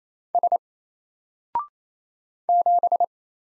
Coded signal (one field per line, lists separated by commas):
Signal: Morse code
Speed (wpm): 27 wpm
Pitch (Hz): 700 Hz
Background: none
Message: S 7